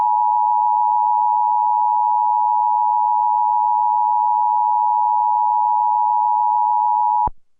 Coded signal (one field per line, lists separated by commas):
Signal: Emergency Alert System (SAME) tones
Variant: 853 and 960 Hz attention tone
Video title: OH NO IS EAS EMERGENCY TORNADO!!!!!!!!!!! @Zonemovie-n4e